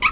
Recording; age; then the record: pig call; piglet (1 to 25 days)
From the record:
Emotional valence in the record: positive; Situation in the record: after nursing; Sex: male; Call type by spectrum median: low-frequency call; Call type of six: high-frequency stable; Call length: 0.12 s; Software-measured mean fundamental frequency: 261 Hz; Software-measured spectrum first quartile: 1562 Hz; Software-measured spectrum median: 2313 Hz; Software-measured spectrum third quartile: 3295 Hz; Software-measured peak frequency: 2238 Hz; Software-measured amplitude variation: 178 dB a second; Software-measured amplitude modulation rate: 4.1 a second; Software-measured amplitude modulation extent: 43.7 dB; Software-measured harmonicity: 7.3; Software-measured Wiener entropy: -2.37